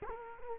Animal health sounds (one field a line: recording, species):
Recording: mosquito wingbeat signal from an infrared sensor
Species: Culex quinquefasciatus